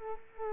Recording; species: mosquito wingbeat signal from an infrared sensor; Culex quinquefasciatus